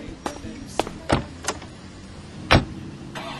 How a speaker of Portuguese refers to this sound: Isso até o momento em que os noivos entraram no carro.